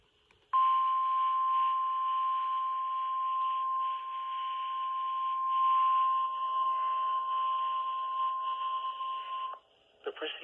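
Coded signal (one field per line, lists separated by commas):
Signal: Emergency Alert System (SAME) tones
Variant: 1050 Hz attention tone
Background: speech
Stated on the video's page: Required weekly tests from NOAA weather radio stations.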